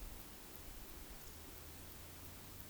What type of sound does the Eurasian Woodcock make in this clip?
whistle